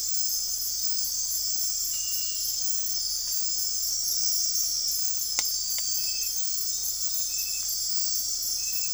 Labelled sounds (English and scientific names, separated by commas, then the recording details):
none
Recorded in dense forest near Puerto Asís, Putumayo, Colombia, on 13 March 2025 at 01:00
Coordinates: 0.503, -76.323
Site GP09